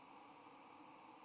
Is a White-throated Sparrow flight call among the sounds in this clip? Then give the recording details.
yes. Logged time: 09:01 on 3 November 2014